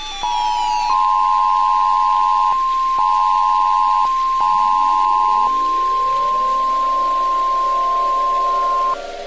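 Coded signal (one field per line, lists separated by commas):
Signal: Emergency Alert System (SAME) tones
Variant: 1050 Hz attention tone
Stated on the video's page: Recreation of a remade EAS scenario for a tornado warning.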